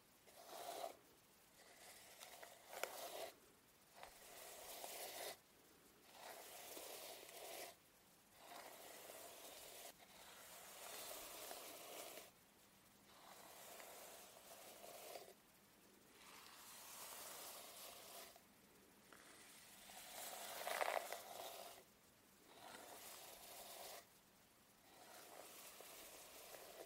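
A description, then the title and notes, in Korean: Bright swishing strokes of a hair straightener sliding through hair repeat every couple of seconds, separated by brief quiet pauses. 슥슥 고데기 하는 소리.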